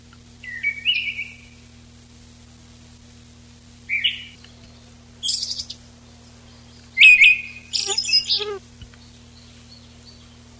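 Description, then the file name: Eyebrowed thrush song: a clear whistled note near the start, brief scratchy notes, then a louder phrase of whistles and chattering twitters toward the end. Recorded on 19 June 1991. "19 06 91 Tobscurus IIIa"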